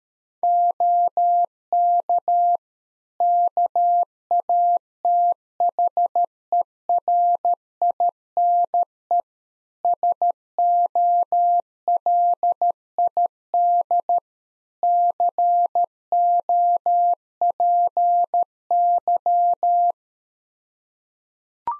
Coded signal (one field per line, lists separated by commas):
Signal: Morse code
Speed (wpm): 13 wpm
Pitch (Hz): 700 Hz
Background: none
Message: OK KATHERINE SOLID COPY